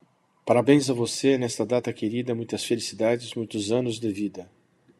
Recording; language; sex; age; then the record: short text; Brazilian Portuguese; male; 60 to 69 years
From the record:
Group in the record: control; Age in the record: 61 years